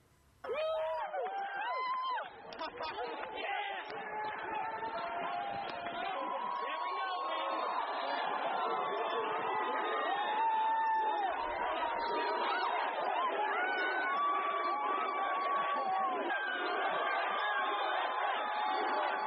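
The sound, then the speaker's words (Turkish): A large crowd cheers and chatters continuously, with overlapping shouts, whoops and scattered laughter forming a loud, dense wall of celebratory voices throughout, shouting "USA" in celebration after a death. “Kutlamalar yapılmaya devam ediyor. Kutlama sesleri de var aslında elimizde”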